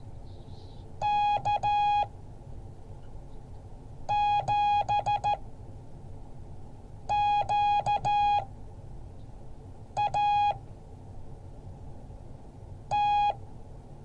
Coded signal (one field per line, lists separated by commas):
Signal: Morse code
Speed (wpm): 14 wpm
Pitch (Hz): 830 Hz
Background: none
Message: K7QAT